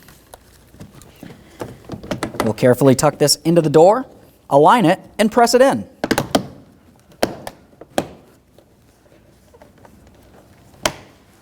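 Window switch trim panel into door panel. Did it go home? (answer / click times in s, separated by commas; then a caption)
yes / 7.2 s, 8.0 s, 10.9 s. A master power window switch panel for a 2003-2007 Honda Accord is tucked into the door trim, lined up and pressed in so its plastic retaining clips snap into the door. Someone talks over soft handling thumps, then three sharp clicks at 7.2, 8.0 and 10.9 seconds as the clips seat and the panel is fully in place.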